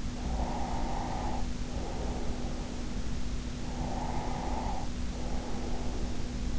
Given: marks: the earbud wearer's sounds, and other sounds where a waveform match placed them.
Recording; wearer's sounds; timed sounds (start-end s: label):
sounds in sleep by an in-ear microphone; breath
0.19-2.92 s: breath
3.70-6.19 s: breath